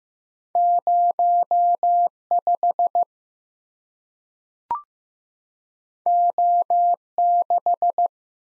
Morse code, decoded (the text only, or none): 0 5 O 6